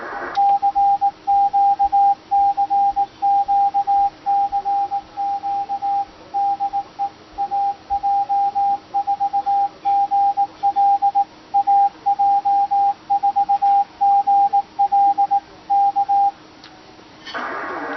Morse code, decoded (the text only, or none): CQCQCQ DE AJ4GL AJ4GL K